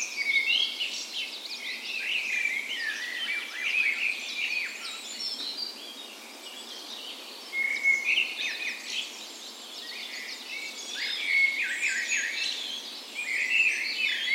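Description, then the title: Birds: dawn chorus of many songbirds overlapping, with high chirps, whistles and trills filling the air continuously, some bright whistled notes standing out every few seconds. Spring dawn chorus recorded on the morning of 17 May, Norway's National Day, in a park west in Bergen, Norway; Sony PCM A10 recorder with LOM micro Usi microphones as tree ears. "17th Of May Dawn Chorus"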